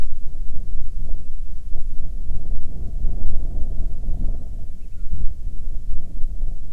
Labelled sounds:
bird
wind
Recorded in the Arctic National Wildlife Refuge, Alaska, on 9 July 2019 at 21:58
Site 48

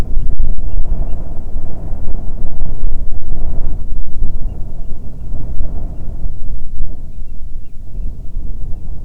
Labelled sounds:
bird
wind
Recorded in the Arctic National Wildlife Refuge, Alaska, on 9 July 2019 at 22:31
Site 48

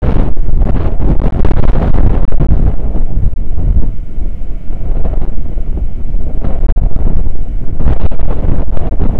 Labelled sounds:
wind
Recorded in the Prudhoe Bay oil fields, Alaska, on 9 August 2019 at 00:05
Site 29

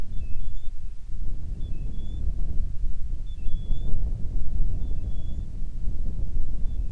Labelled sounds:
bird
wind
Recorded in the Prudhoe Bay oil fields, Alaska, on 10 July 2019 at 10:27
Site 11

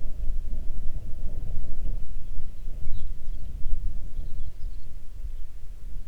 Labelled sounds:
songbird
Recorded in the Arctic National Wildlife Refuge, Alaska, on 3 June 2019 at 05:20
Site 37

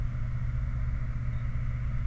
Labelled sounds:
vehicle
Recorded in the Prudhoe Bay oil fields, Alaska, on 29 July 2019 at 03:54
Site 29

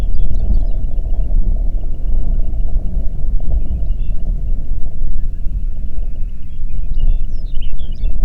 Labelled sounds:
songbird
waterfowl
wind
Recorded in the Prudhoe Bay oil fields, Alaska, on 8 June 2019 at 04:20
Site 30

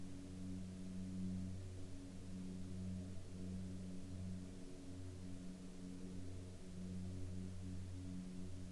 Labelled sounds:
aircraft
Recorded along the Dempster Highway, Canada, on 31 October 2019 at 08:01
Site 20

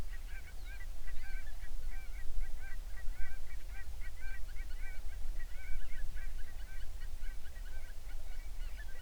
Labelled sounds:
waterfowl
seabird
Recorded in the Prudhoe Bay oil fields, Alaska, on 11 June 2019 at 04:41
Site 21

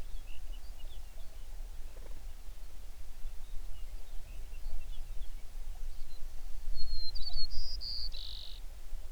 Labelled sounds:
songbird
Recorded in the Prudhoe Bay oil fields, Alaska, on 11 June 2019 at 05:09
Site 21

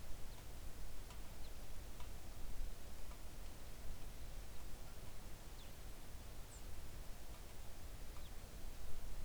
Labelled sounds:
songbird
rain
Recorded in the Arctic National Wildlife Refuge, Alaska, on 3 August 2019 at 06:02
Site 41

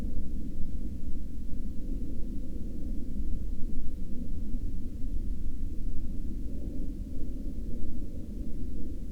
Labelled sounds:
aircraft
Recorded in the Prudhoe Bay oil fields, Alaska, on 23 July 2021 at 23:02
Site 14

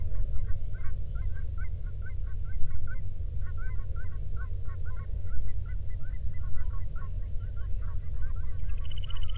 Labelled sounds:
waterfowl
man-made sound
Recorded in the Prudhoe Bay oil fields, Alaska, on 13 June 2019 at 00:08
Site 24

